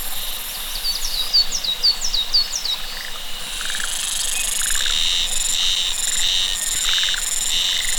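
Cicadas droning, a steady high buzz with chirps over it, then rhythmic buzzing bursts roughly every half second alongside a pulsing lower trill.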